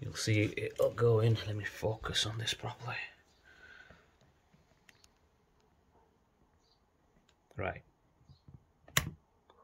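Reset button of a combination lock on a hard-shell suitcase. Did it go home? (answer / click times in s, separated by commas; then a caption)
yes / 9.0 s. Someone talks for the first three seconds, then a tool presses down the small reset button on the plastic TSA combination lock of a hard-shell travel suitcase. After a few faint ticks, a sharp click at 9.0 s marks the button latching down into place.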